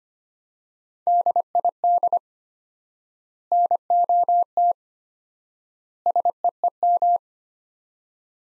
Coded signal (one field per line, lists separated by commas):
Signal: Morse code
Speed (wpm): 25 wpm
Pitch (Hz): 700 Hz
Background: none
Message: DID NOT SEEM